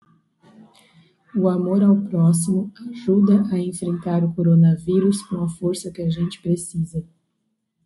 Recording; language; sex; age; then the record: spoken sentence; Brazilian Portuguese; female; 30 to 39 years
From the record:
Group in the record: control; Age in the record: 30 years